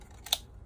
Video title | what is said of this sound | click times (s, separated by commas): Unboxing the Spectrum DX8 8-Channel DSMX Transmitter Gen 2 | that on my back just snaps in place nice and easy | 0.3 s